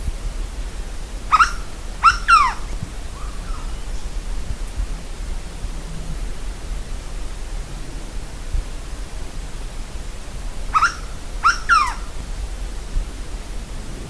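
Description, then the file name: Bird calls: a burst of three harsh, harmonic notes with falling tails near two seconds, then a matching three-note burst around eleven seconds, over a steady low rumble. "SABIOD 50 bird 2015"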